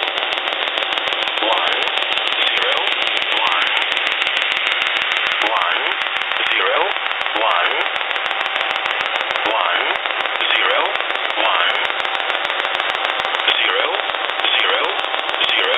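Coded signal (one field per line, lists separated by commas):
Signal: numbers station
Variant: E07a English Man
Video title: Russian E07a "English Man" number station at 11082 kHz (null message)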